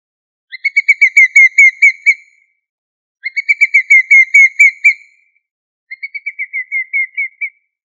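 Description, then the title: Chicken calling in bursts of about a dozen clear, evenly pitched whistled notes, each burst lasting over a second, with short pauses between; no other sounds. "manok ostrali"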